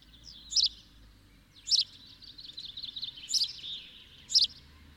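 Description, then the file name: House sparrow giving four sharp chirps about a second apart, with softer chattering notes running between them. "Passer domesticus"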